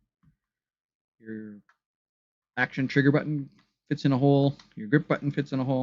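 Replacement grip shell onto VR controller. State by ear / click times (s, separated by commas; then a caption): not seated / none. A replacement grip shell is fitted over an Oculus Quest 2 VR controller, with the action trigger and grip buttons going into their holes. A faint sound near 0.2 s and a soft tonal sound around 1.2–1.6 s are followed by someone talking from about 2.6 s to the end. Nothing has seated or clicked yet.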